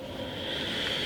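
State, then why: Not seated. A plastic lid or handle part is being handled and fitted toward its slot in a bacon cooker body. Only a steady, broadband noise with a hiss around 3 kHz is heard, with no distinct hits. Nothing has seated or clicked yet.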